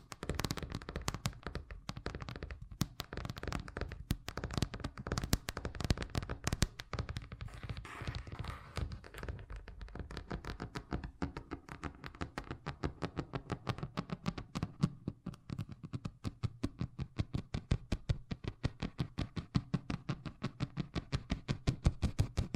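Fast tapping in rapid, sharp clicks that blur together early on, then settle into a steadier, more evenly spaced pattern toward the end.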